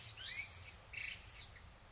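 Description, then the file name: Common blackbird twittering: a burst of high, scratchy squeaks and thin sliding notes, fading over two seconds. "Turdus merula"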